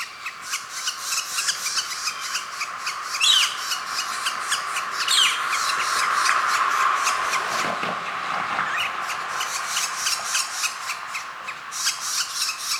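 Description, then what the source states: Northern flicker begging calls: a steady stream of raspy pulses, about three or four a second, with two sharp downslurred chirps and a brief rustling burst midway. Nestling calling while being fed.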